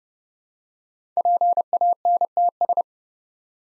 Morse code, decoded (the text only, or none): PANTS